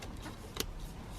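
During a wiper switch replacement on a 2012-2017 Toyota Camry XV50, an electrical connector is pushed all the way into the steering column switch, and its centre piece is then pressed to lock it. A single sharp click at 0.6 s marks the connector seating, over faint low background noise.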